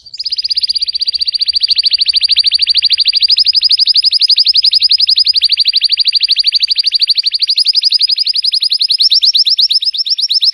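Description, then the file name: Canary singing one long, rapid, rolling trill of high notes that runs unbroken for about ten seconds, rising slightly in pitch toward the end. Belgian canary of red frosted colour variety; singing. "canto do canario belga vermelho nevado"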